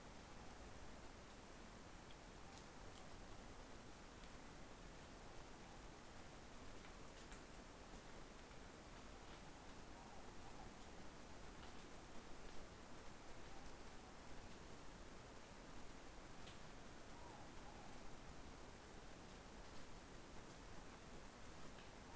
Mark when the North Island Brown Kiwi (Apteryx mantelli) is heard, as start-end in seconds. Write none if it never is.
none